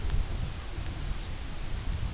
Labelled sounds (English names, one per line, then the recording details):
none
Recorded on Arctic tundra, site UTQI-2, on 17 June 2019
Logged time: 08:00